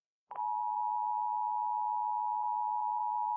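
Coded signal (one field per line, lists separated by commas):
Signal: Emergency Alert System (SAME) tones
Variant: 853 and 960 Hz attention tone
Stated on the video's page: EAS alarm tones played slowed down.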